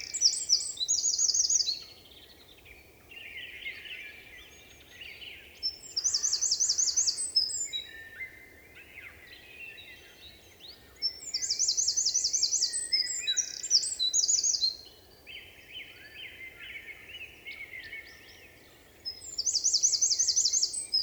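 A wren sings loud, rapid bursts of song, high trilling phrases mixed with lower chattering notes, in bouts around 0–2, 6–8, 12–15 and 19–21 seconds. Quieter bird calls and a low, steady rumble continue between the phrases.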